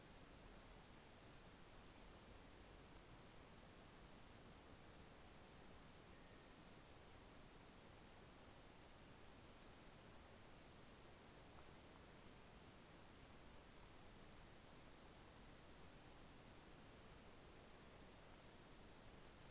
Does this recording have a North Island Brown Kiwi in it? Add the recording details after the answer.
no. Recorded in New Zealand on 11 December 2011. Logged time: 00:43. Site DD66